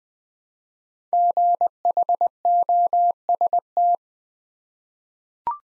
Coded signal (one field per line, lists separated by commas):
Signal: Morse code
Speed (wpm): 20 wpm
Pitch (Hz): 700 Hz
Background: none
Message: GHOST